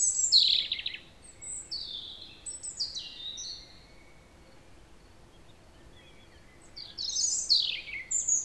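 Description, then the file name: European robin song: a burst of high, thin, tumbling notes and slurred whistles, a pause of several seconds, then another sparkling phrase near the end. "Erithacus rubecula"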